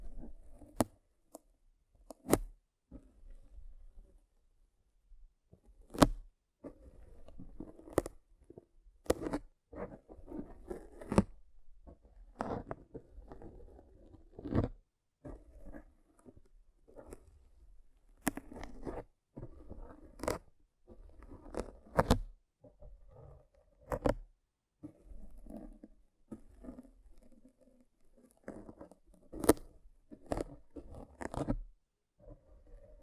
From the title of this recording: Rough Brain Cleaning and Picking